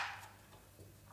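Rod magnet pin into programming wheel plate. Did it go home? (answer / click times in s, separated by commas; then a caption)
no / none. A 25 mm rod magnet used as a programming pin is handled near a hole in the music machine's programming plate, with only faint handling noise and a low steady hum. Nothing has seated or clicked yet.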